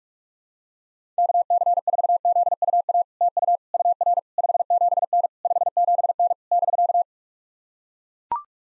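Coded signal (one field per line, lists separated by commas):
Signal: Morse code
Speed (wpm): 44 wpm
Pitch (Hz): 700 Hz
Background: none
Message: KC4ZUA TU UR 57N 57N <BK>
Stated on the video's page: Morse practice of POTA contact exchanges at 45 wpm, each sent in Morse, then spoken, then sent again.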